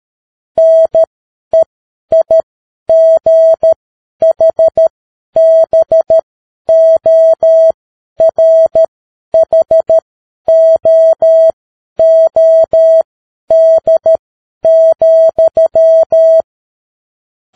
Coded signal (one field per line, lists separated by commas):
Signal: Morse code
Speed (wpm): 13 wpm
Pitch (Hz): 650 Hz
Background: none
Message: NEIGHBORHOOD,